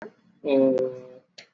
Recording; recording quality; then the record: sustained vowel as in boot; excellent, no background noise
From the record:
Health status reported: exposed to COVID-19, no respiratory illness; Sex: male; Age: 30 years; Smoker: no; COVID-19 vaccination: both doses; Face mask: worn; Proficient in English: yes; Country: India